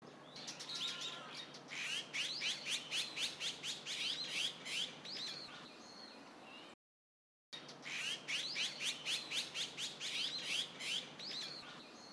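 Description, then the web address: Azure-winged magpie calls, a fast series of harsh rising notes repeated several times a second, broken by a short silent gap, then resuming. "izumino saunndo onaga"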